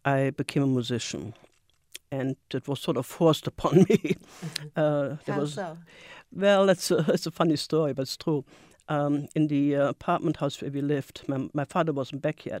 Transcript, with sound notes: I became a musician and it was sort of forced upon me. [chuckles]
Uh-hmm. How so?
Well, that's a — [chuckles] it's a funny story but it's true. In the apartment house where we lived, my — my father wasn't back yet.